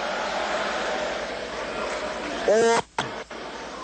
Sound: applause